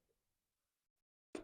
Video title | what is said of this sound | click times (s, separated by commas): Міні пилосос для автомобіля та прибирання в складно доступних місцях. | оп все добре зафіксувалося | 1.3 s